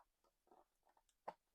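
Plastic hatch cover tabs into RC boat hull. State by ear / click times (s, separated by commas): seated / 1.3 s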